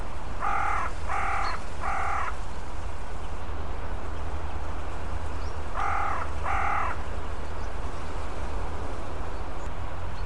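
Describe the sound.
Bird calls: a run of three harsh caws, a pause of several seconds, then two more, over a continuous low rumble.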